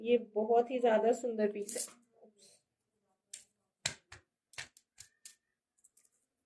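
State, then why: Not seated. Someone talks for about the first two and a half seconds, then tries to fasten the hook of a brass or metal bead necklace (mala) chain into its clasp ring. Small, sharp metal taps are heard at about 3.3, 3.9, 4.1, 4.8, 5.0 and 5.3 seconds. The clasp fails to lock, and nothing has clicked into place.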